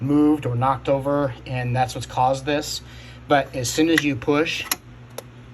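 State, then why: Seated. Someone talks while a loose PCIe adapter that was not making contact is pushed down into a motherboard slot. A single sharp snap is heard at 5.2 s as it seats back into place, and it is now firm.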